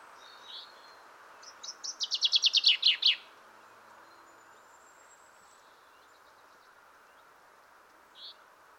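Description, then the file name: Common chaffinch song: a rattling series of descending notes that grows louder and ends abruptly, with a faint high note before and another after. "Fringilla coelebs"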